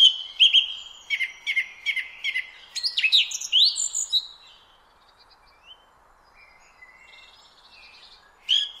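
Song thrush delivering rapid repeated whistles and harsher chirps in quick succession, falling to a soft, thin phrase and silence before a final loud note.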